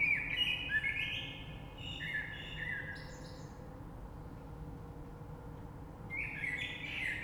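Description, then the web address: Common blackbird with rich warbling phrases at the start and end, separated by a pause, finished with high thin twitters, over low steady noise. Recorded 3 March 2020. "oiseaux Rush Merle 3-3-2020"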